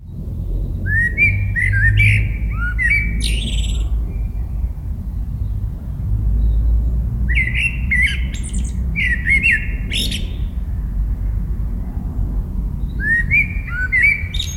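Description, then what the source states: Eurasian blackbird song: fluting, warbled phrases each ending in a squeaky twitter, delivered in three bursts with pauses, over a steady low rumble. Recorded in 2018.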